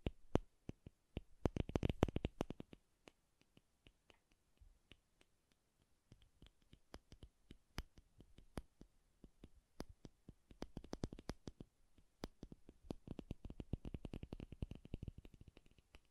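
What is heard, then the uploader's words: Soft tapping in irregular clicks, with dense quick bursts near two seconds and again from eleven to fifteen seconds, sparser between. ASMR Bassy and Soft Tapping Sounds. No Talking.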